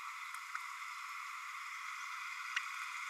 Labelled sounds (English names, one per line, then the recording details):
Green-rumped Parrotlet babbling
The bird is a female
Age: 29 days
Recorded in a nest box in Venezuela
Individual 17B32A7